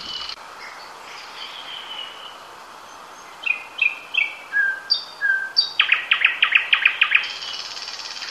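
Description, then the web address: Nightingale song of clear whistled notes and slurred phrases, building into a fast, loud series of repeated rattling clicks, over steady background hiss. "ljud Luscinia"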